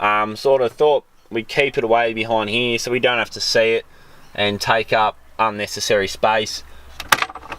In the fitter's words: that clicks back in there.